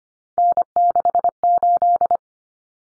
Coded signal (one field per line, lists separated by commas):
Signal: Morse code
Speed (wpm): 25 wpm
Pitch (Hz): 700 Hz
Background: none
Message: N68